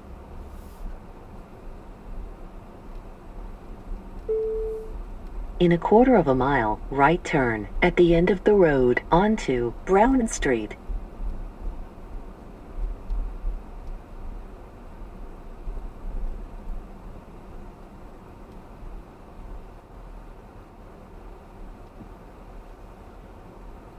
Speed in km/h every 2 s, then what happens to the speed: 19, 21, 24, 26, 29, 29, 27, 26, 23, 16, 11, 10.
0-11 speeds up to 29. 11-21 slows to 10.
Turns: none.